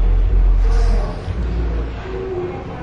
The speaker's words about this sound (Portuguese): Tá, algum carro parou aqui em frente e ele está pedindo para que a gente atire nele porque eles estão tocando uma música muito alta. Não sei se os assinantes estão ouvindo isso, então eu peço desculpas.